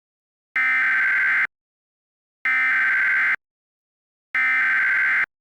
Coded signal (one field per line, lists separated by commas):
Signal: Emergency Alert System (SAME) tones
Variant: header bursts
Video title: EAS Scenario - The Corruption